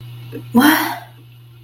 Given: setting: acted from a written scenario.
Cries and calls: vocal sound without words; negative surprise

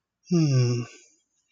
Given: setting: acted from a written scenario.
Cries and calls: vocal sound without words; sympathy

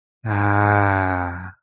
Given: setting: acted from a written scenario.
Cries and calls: vocal sound without words; serenity

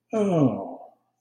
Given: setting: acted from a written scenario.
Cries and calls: vocal sound without words; serenity

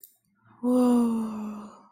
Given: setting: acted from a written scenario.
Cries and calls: vocal sound without words; serenity

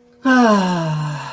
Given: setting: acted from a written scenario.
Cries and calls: vocal sound without words; relief

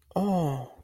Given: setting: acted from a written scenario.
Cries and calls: vocal sound without words; sympathy

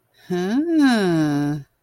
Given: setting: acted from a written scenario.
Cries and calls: vocal sound without words; romantic love

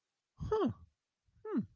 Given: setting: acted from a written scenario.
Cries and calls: vocal sound without words; interest

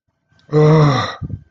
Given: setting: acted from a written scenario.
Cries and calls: vocal sound without words; distress

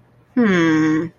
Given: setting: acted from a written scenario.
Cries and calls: vocal sound without words; confusion

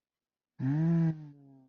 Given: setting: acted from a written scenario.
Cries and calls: vocal sound without words; awe

